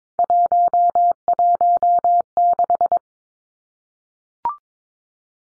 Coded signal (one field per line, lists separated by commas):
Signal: Morse code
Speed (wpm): 22 wpm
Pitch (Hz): 700 Hz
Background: none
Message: 116